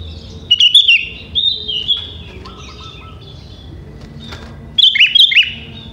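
Sooty-headed bulbul song of cheerful, warbling phrases, several in the first two seconds, then a pause and another bubbly burst near the end.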